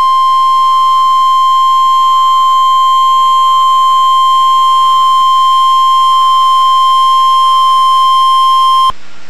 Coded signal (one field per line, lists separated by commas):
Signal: Emergency Alert System (SAME) tones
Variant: 1050 Hz attention tone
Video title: Severe Thunderstorm Warning (EAS #515)